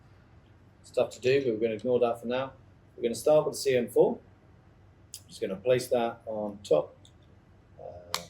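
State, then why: Seated. Someone talks while a CM4 compute module is placed on top of a carrier board and pressed down onto its board-to-board connectors. A sharp click is heard at 8.1 s as the module seats.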